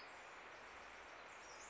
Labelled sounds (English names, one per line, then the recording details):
Pacific Wren
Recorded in Sonoma County, California